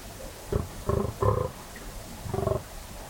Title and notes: Sound Escape 38: the eerie and dramatic fallow deer rut on a dark Dorset night. It's 3am on an autumn night in West Dorset. A fallow buck is staking his claim, warning off rivals and guarding his does. A guttural bellow that bursts the quiet and echoes through the combes and hills. BBC Countryfile Magazine's Sound Escapes. Recorded by Kevin Parr